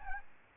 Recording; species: mosquito wingbeat signal from an infrared sensor; Aedes albopictus